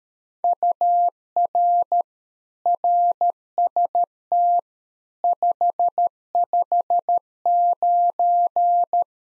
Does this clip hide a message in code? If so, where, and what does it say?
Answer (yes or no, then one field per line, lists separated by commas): yes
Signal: Morse code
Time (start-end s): 0.4-9.0 s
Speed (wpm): 13 wpm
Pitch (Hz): 700 Hz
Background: none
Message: UR RST 559